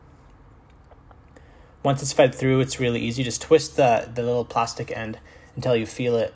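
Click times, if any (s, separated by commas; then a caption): none. Behind the rear bumper of a 2019 Forte, during a reverse-light LED swap, the plastic reverse-light bulb socket is fed through the opening toward the tail light housing, with two faint handling taps at 1.1 s and 1.4 s. From about 1.9 s someone talks over quiet background hiss. The socket has not yet been twisted to lock, and nothing has seated or clicked yet.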